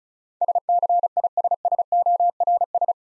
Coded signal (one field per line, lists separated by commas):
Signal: Morse code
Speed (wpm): 36 wpm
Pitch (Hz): 700 Hz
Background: none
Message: SCISSORS